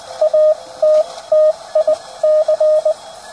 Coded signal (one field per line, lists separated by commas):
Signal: Morse code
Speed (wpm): 19 wpm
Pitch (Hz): 620 Hz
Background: radio noise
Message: ATTIC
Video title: TenTec Power Mite PM3A QSO N4LQ Strikes Again